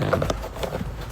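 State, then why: Seated. A factory plastic speaker grille is pressed back over a new Alpine tweeter and foam in a Mustang's door or dash opening. It snaps on with a single short hit at 0.6 s, seating the grille. Someone talks just before the snap.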